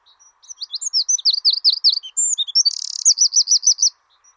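Wren song, a fast burst of high sharp notes, a run of quick descending chips, then a buzzy rattle and an evenly repeated high trill.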